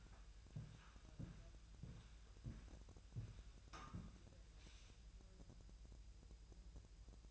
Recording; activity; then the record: daily activity, microphone in the room; walk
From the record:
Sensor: 2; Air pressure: 1001.9 hPa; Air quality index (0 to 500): 233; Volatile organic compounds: 63 ppm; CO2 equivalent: 3445 ppm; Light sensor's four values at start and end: 7/17/7/8 and 7/17/7/7